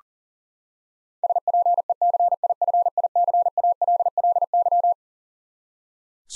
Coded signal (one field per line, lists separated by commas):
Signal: Morse code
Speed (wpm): 40 wpm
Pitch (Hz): 700 Hz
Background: none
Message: SPECIFICALLY